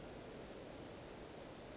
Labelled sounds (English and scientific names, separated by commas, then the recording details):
Western Flycatcher (Empidonax difficilis)
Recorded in Sonoma County, California